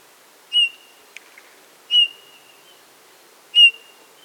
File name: Pyrrhula pyrrhula